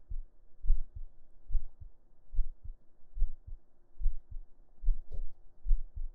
Laying on chest under shirt heartbeat.